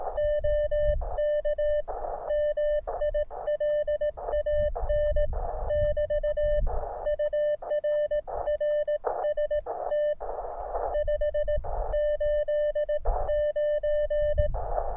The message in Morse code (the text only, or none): OK MILAN <BT> UR RST 589